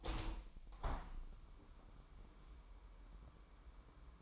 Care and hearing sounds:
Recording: daily activity, microphone in the room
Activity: open window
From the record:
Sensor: 1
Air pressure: 998.6 hPa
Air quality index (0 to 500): 135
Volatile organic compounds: 4 ppm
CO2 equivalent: 1620 ppm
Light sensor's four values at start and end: 10/23/10/12 and 10/24/10/12

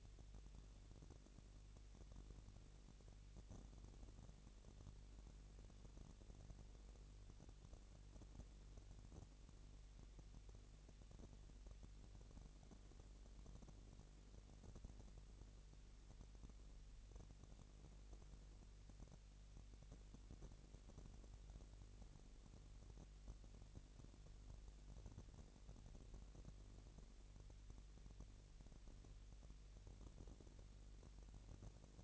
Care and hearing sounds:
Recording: daily activity, microphone in the room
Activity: no activity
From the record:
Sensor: 4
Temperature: 22.5 degrees Celsius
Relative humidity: 33.4%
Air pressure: 999.6 hPa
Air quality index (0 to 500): 230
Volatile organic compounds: 20 ppm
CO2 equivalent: 2703 ppm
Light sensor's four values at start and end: 2/3/1/1 and 2/3/1/1

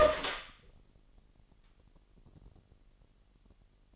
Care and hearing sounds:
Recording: daily activity, microphone in the room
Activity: open door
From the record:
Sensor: 4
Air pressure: 999.2 hPa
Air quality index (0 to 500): 115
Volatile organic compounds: 2 ppm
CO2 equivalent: 1136 ppm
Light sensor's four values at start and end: 13/31/12/13 and 13/32/13/14

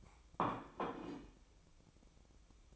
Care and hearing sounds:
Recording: daily activity, microphone in the room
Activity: place plate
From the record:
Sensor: 1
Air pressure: 1007.5 hPa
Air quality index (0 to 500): 76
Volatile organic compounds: 1 ppm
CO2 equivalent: 665 ppm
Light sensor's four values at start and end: 8/19/7/8 and 8/19/7/8

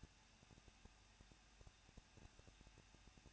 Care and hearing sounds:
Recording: daily activity, microphone in the room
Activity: no activity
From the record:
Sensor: 2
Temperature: 21.0 degrees Celsius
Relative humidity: 37.3%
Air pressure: 1006.4 hPa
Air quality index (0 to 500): 220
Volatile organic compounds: 23 ppm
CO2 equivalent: 2781 ppm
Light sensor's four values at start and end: 2/3/2/2 and 2/3/2/2

